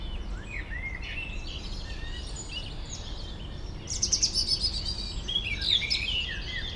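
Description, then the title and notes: European robin giving high, thin warbled phrases, a louder burst of sharp sweeping notes partway through, other birds calling and a low rumble underneath. Robin in foreground in a small peri-urban wood near Aix-les-Bains, France, among other birds; city hum and boats on the lake in background. "Dans le bois de Memard 73100 Aix-les-Bains, France - rouge gorge. Un rouge gorge au premier plan entouré de merles et autre oiseaux dans ce petit bois, en zone péri urbaine, arrière plan de la rumeur de la ville et des bateaux sur le lac"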